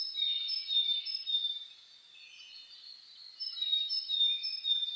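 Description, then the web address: Bird: dawn chorus of several birds, bright whistled notes and chattering trills layered over one another, loud at the start and end with a softer middle. Dawn chorus (reimei) of birdsong (saezuri) recorded on 10 May 2010. "reimei -saezuri-20100510"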